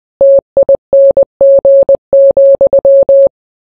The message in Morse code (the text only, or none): TING,